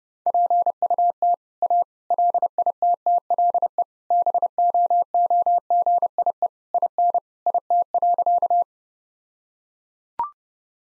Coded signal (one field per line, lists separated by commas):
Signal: Morse code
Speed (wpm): 30 wpm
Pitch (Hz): 700 Hz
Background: none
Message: PUT A LITTLE BOOGIE IN IT.